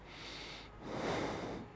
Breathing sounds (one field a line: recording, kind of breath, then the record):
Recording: one breath in and out by a microphone near the nose and mouth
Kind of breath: normal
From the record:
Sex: male